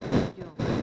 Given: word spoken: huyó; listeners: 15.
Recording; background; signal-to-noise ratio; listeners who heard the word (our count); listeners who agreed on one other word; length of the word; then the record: one Spanish word in noise, from a listening test; noise modulated by one talker; -11.6 dB; 0 of 15; 9 of 15; 0.42 s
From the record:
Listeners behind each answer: 9, 1, 1, 1, 1, 1, 1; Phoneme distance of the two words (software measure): 21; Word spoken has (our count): 2 syllables, 3 phonemes, stress on syllable 2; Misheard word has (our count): 1 syllable, 2 phonemes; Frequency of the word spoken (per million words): 5.10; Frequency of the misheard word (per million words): 1099.14